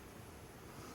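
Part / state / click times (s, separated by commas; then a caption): wiper blade onto wiper arm / not seated / none. A new front wiper blade is being handled over the wiper arm of a VW Polo, about to be pushed down until its plastic adapter latches. Only a steady, broadband rushing noise is heard, with no distinct transients. Nothing has clicked or seated yet.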